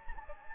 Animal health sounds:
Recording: mosquito wingbeat signal from an infrared sensor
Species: Anopheles gambiae

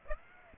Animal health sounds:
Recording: mosquito wingbeat signal from an infrared sensor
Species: Aedes aegypti

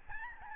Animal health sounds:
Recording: mosquito wingbeat signal from an infrared sensor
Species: Aedes albopictus

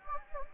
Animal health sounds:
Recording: mosquito wingbeat signal from an infrared sensor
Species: Anopheles gambiae

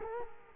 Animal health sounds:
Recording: mosquito wingbeat signal from an infrared sensor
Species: Culex quinquefasciatus

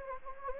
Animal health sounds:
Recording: mosquito wingbeat signal from an infrared sensor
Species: Anopheles gambiae

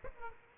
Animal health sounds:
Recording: mosquito wingbeat signal from an infrared sensor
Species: Aedes aegypti

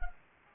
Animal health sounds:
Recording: mosquito wingbeat signal from an infrared sensor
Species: Anopheles gambiae

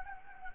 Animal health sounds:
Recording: mosquito wingbeat signal from an infrared sensor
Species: Anopheles gambiae

